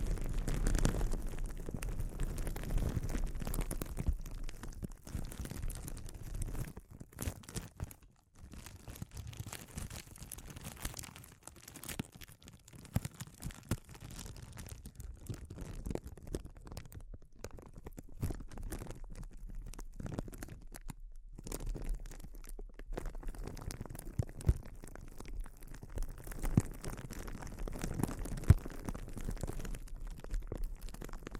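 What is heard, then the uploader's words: Soft crinkling fills the whole span, a dense, uneven stream of small crackles and rustles rather than a steady sound. The activity shifts in strength, with brief near-silent gaps around eight and twenty-one seconds, and a low rumble sits underneath throughout. ASMR Sensitive Crinkles (No Talking).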